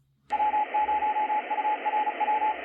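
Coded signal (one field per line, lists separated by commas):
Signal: Morse code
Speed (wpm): 36 wpm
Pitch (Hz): 850 Hz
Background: radio noise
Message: W0URW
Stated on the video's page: Received on a Tecsun S-2200x with an end-fed antenna and internal loop.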